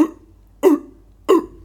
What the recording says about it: They'll often have the barking cough. The classical. So those children are easy because they walk through and you go, oh, you've got croup. It's a spot diagnosis.